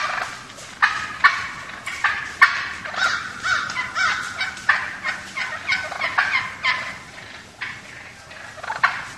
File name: turkey drum